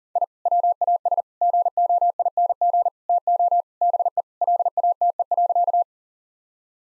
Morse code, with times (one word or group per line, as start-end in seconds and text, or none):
0.2-0.2 I
0.5-1.2 WAS
1.4-2.9 GOING
3.1-3.6 TO
3.8-4.2 BE
4.4-5.8 LATE.